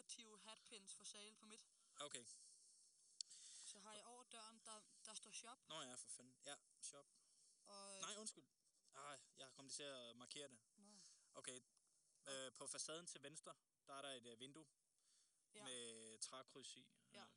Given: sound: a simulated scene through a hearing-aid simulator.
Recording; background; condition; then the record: conversation; quiet; 75 dB SPL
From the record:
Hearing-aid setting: III (slow-acting compression, loudness normalization, advanced features for about 2.5 dB of SNR improvement); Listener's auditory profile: D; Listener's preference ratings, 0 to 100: 96, 98, 100